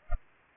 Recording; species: mosquito wingbeat signal from an infrared sensor; Culex pipiens